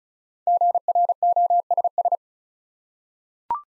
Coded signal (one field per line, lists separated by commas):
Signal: Morse code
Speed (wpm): 36 wpm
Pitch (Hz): 700 Hz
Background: none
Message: GROSS